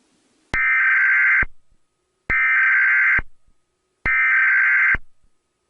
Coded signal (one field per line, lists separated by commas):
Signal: Emergency Alert System (SAME) tones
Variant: header bursts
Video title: National Emergency Alert System Test (November 9th, 2011)